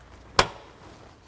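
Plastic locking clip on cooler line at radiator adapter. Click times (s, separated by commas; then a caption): 0.4 s. On a 2004–08 Ford F-150 during a radiator replacement, a small white plastic locking clip is pushed along the cooler line over the radiator adapter and snaps into place with one sharp click at 0.4 s, followed by quiet. The clip is seated and locked, and a tug on the line confirms it cannot come out.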